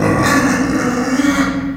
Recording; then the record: squeal of a Yucatan mini pig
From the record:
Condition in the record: after surgery on the right vocal fold (resection and tissue-engineered implant); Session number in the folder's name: 3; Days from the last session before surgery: 21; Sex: female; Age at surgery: 19 weeks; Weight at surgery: 25 kg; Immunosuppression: prednisolone